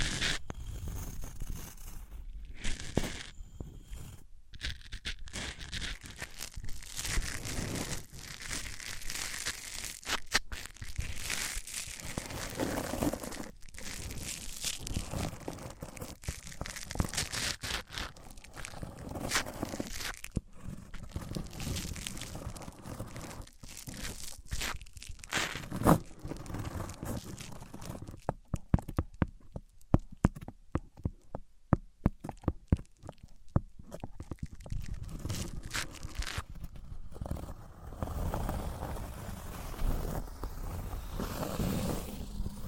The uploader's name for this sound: Wood vs Cork, Sponge vs Foam, Glass vs Plastic